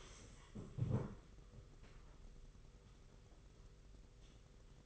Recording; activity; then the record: daily activity, microphone in the room; stand up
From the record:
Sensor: 4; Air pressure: 991.3 hPa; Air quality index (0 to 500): 137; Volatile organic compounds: 55 ppm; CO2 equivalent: 3358 ppm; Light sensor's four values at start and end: 24/79/29/31 and 24/79/29/30